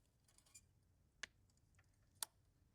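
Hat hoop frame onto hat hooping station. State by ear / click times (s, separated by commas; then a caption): seated / 1.2 s, 2.2 s. An embroidery hat hoop frame for a Ricoma SWIFT is slid onto its hat hooping station with the metal tab facing straight up and pushed until its tabs click in. After a few faint ticks near 0.4 and 0.6 s, two sharp, bright clicks sound at 1.2 s and 2.2 s. The hoop is seated on the station.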